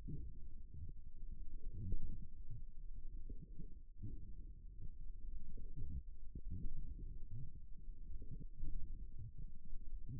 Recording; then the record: forearm muscle sounds (acoustic myography)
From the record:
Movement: forearm supination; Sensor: system 1, eight BSWA MPA416 microphones around the upper forearm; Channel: 8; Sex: female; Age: 21 years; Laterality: right